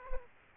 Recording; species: mosquito wingbeat signal from an infrared sensor; Aedes aegypti